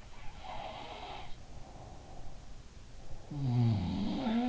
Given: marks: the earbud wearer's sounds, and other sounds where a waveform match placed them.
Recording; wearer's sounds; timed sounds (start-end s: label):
sounds in sleep by an in-ear microphone; breath
0.00-2.52 s: sound from someone else or the room
1.44-3.79 s: breath
3.17-4.48 s: sound from someone else or the room